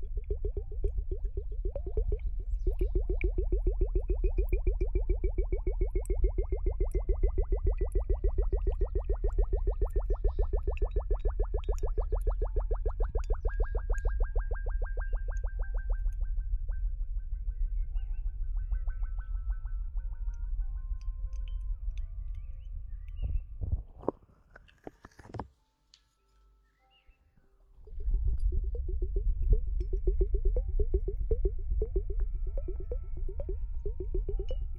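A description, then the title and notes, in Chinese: Slime squelches and bubbles in a fast, dense stream of wet pops, low, with a thin whistling tone sliding slowly downward through the first twenty seconds. Around 24 seconds the squishing stops briefly, a short bright swoop sounds, then the gurgling resumes. 水沙漏 史莱姆黏液。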